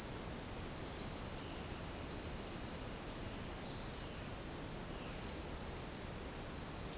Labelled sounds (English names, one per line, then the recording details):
none
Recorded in secondary vegetation near Puerto Asís, Putumayo, Colombia, on 8 March 2025 at 10:00
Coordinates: 0.485, -76.322
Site G040